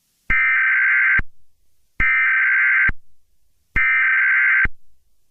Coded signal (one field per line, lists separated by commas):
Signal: Emergency Alert System (SAME) tones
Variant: header bursts